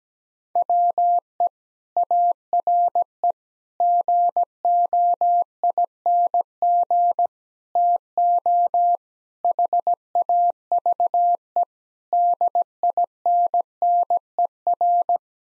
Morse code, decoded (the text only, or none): WE ARE GOING TO HAVE DINNER